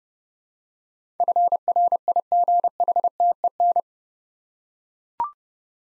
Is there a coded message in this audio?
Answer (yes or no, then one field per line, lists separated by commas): yes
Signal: Morse code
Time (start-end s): 1.2-3.8 s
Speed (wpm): 29 wpm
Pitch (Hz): 700 Hz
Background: none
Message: FRIGHTEN